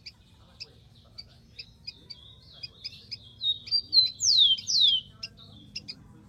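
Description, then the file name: Rufous-collared sparrow song: soft chips and short level whistles, then two loud clear whistles sliding steeply down, near the end. "canto do tico tico"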